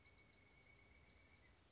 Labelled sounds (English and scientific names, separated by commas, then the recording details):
Pileated Woodpecker (Dryocopus pileatus)
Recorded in Sonoma County, California